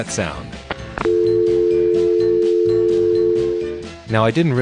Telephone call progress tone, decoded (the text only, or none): dial tone